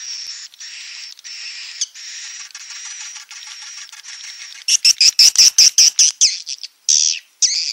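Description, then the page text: Swiftlet calls: a steady buzzy drone, then a quick series of loud, squeaky, harsh chirps. Roosting ('inap') lure call played to attract swiftlets to swiftlet houses; call style named 'INAP BJA'. "Suara Burung Walet sufar sinar 77 Suara Panggil, Suara Inap Dan Tarik. INAP BJA"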